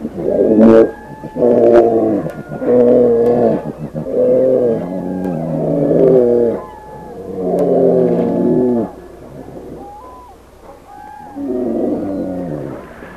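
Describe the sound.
Brown bear moaning calls, a series of harmonic, wavering bawls in bursts of one to two seconds, repeated several times with short pauses between.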